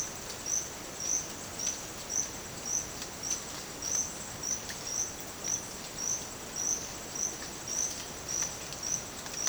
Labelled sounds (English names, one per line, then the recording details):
none
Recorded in dense forest near Puerto Asís, Putumayo, Colombia, on 27 June 2025 at 08:30
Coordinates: 0.484, -76.317
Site G045